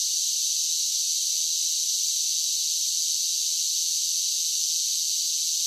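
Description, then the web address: Cicadas producing a constant hissing, high-pitched buzz without breaks or changes in rhythm. Several cicadas singing, a buzzing insect song. "Blastwave INSECTS Cicadas Sing"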